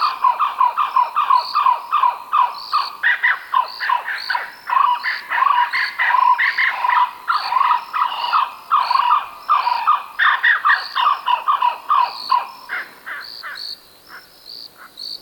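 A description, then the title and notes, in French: A dense wild chorus of rapid, clucking calls, birds or frogs, repeats in quick overlapping bursts several times a second. The calls are mid-pitched and nasal with bright edges, busy, thinning slightly over the last couple of seconds. Un univers sonore sauvage étonnant mêlant chants d'oiseaux, batraciens, insectes, vent, pluie, orage, mer et geyser. Ambiances de nature australienne.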